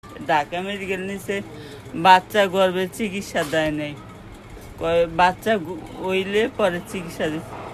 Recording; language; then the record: elicited speech; Bengali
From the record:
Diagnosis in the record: Broca's or global aphasia after a stroke